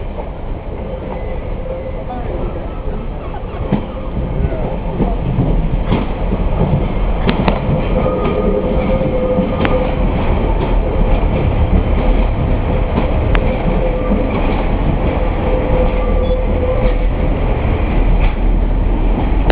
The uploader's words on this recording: This is a video of the level crossing in Paignton, Devon.